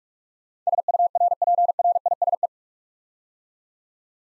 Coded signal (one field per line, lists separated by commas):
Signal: Morse code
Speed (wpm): 44 wpm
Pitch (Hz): 700 Hz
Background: none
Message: SURPRISE